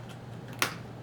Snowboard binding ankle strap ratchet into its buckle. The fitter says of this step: once you've done this you've got to click this thing back in you'll hear it click okay